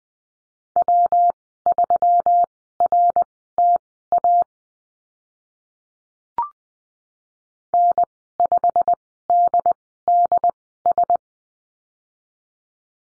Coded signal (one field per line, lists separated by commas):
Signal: Morse code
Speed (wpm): 20 wpm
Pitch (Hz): 700 Hz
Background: none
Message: W3RTA N5DDS